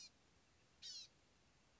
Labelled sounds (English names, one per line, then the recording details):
Blue-gray Gnatcatcher
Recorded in Sonoma County, California